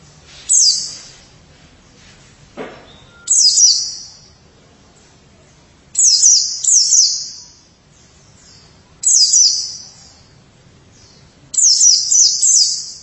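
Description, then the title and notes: White-eye song of sharp, high, tumbling twitters repeated in short bursts roughly every three seconds. "Suara kicauan burung pleci"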